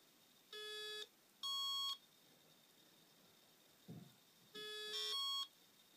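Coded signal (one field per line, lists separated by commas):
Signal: fax machine handshake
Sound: buzzy half-second beeps, a low one then a higher 1.1 kHz one, repeating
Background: small room, a knock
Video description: while sending an old-school fax. Made for the young generation who don't know how a modem sounds like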